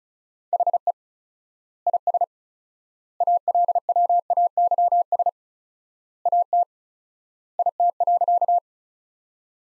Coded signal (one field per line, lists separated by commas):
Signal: Morse code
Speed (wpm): 34 wpm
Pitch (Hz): 700 Hz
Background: none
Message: HE IS ALWAYS AT IT.